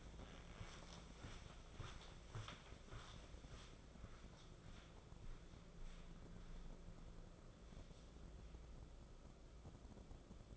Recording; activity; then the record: daily activity, microphone in the room; walk to room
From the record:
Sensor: 5